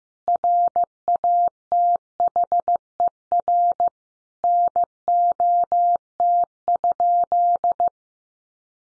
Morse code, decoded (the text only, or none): RATHER NOT?